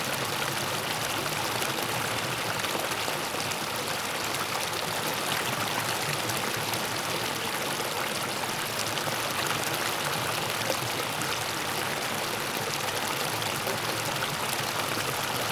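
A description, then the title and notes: A creek cascades steadily over rocks, its flowing water a dense, unbroken rush that stays level from start to finish. The sound sits bright, full of fine splashing hiss with little low rumble underneath, and no other sounds break through. Cascading Creek - Flowing Water.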